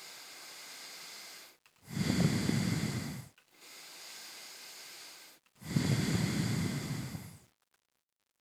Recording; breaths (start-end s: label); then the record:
nose breathing near a microphone
0.00-1.63 s: inhalation
1.63-3.38 s: exhalation
3.38-5.43 s: inhalation
5.43-7.58 s: exhalation
From the record:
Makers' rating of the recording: medium